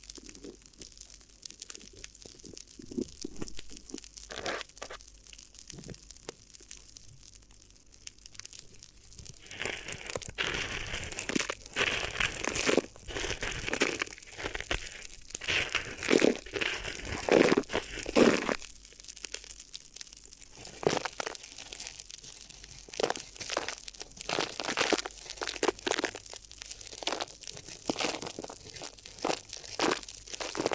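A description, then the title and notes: Crinkly ear massage sounds: dense, irregular crackling and rustling, busiest and brightest between ten and nineteen seconds, then sparser crinkles. ASMR Addictive Crinkly Ear Massage (No Talking).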